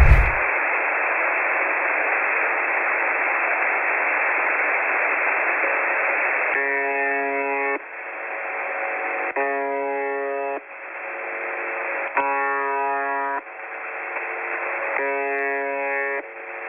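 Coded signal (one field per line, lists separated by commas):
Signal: channel marker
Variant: UVB-76 (The Buzzer)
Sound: steady radio hiss, then four harsh low buzzes about a second long, evenly spaced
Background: radio static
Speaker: vamos a escuchar un pequeño fragmento de esta frecuencia y luego vamos a intentar seguir descubriendo este misterio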